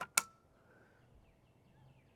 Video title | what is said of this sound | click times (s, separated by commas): How To Cock/De-Cock your Ravin Crossbow (Step-By-Step) | holding down on the button and I'm going to push down you're going to hear it click onto the string listen close | 0.2 s